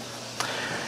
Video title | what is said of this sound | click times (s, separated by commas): Sincreative CM5700 Semi-Automatic Espresso Machine Review☕☕☕ | and I'm just going to press that down in there. A very satisfying snap. | 0.4 s